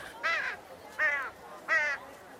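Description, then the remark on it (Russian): A black raven caws three times in a steady rhythm, each harsh, rasping call lasting about a quarter second with a rich, buzzy tone, standing out clearly against faint background hiss. “Черный ворон присел на телегу с испорченными овощами прямо перед ним.”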